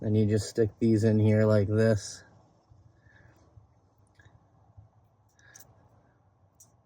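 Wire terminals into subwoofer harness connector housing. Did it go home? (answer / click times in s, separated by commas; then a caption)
yes / 4.2 s, 5.4 s, 5.6 s, 6.6 s. Wire terminals are pushed one by one, face down, into the back of a plastic subwoofer harness connector housing for a Kicker 200-watt subwoofer kit (GM part 19417164) on a 2022 Chevrolet Silverado 2500 HD, after someone talks briefly. Faint, sharp snaps are heard at 4.2, 5.4, 5.6 and 6.6 seconds as the terminals seat in the connector.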